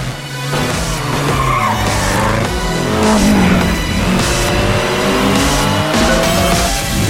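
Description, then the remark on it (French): Racing cars in a car racing video game roar with sustained engine drones, punctuated by loud, high-pitched tire squeals and skids that rise and fall over several seconds, with no voices. “The Crew, un jeu de course automobile dans un univers persistant.”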